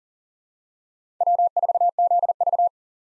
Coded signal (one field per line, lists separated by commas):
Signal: Morse code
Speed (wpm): 39 wpm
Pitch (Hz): 700 Hz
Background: none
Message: W4ZV